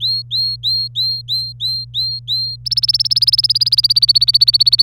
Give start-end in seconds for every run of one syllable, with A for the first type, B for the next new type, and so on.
0.00-2.56 A, 2.65-4.83 B